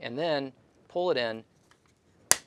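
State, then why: Seated. An end cap is hooked by its corner over the corner of a 65mm film cassette spool, pulled in and snapped around the round back. Someone talks, then after a quiet pause a sharp, loud click is heard at 2.3 s as the cap snaps into place, seated.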